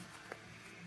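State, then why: Not seated. A plastic LED vent cover is handled at its opening in a plastic Powermadd Sentinel snowmobile handguard over background music, with one brief soft knock around 0.3 s. Nothing has seated or clicked yet.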